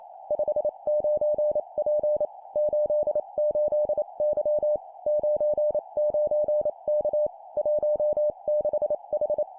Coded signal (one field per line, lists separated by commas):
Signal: Morse code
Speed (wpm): 28 wpm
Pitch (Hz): 600 Hz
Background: none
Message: 59P 88Y 99K 16H